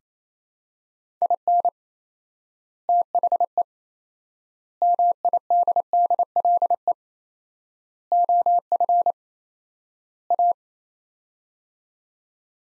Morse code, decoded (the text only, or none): IN THE MIDDLE OF A